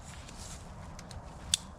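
The plastic buckle on the rainfly of an Alps Lynx 1 solo tent is pushed onto its mating clip at the tent corner and snaps into place with one sharp plastic click at 1.5 s. A few faint ticks come before it, and the buckle seats firmly with no fumbling.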